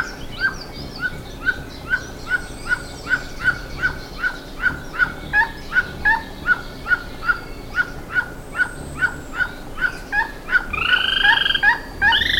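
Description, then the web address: Bird calls: short notes repeated two to three times per second, then louder, harsher overlapping calls near the end. "BIRD SABIOD 50 bird 2015"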